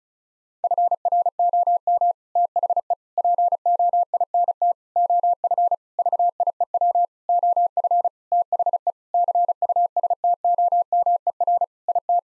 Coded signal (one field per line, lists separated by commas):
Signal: Morse code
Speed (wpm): 34 wpm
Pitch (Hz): 700 Hz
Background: none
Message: FROM THE POINT OF VIEW OF THE CUSTOMER IT